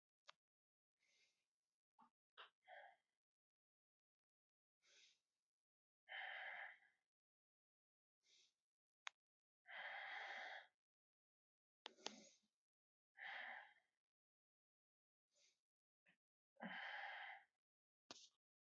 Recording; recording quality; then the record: deep breathing; excellent, no background noise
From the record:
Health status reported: healthy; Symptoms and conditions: none ticked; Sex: male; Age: 27 years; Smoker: not ticked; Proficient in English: yes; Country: India